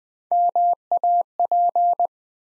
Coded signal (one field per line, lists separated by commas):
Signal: Morse code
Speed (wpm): 20 wpm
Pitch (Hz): 700 Hz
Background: none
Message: MAP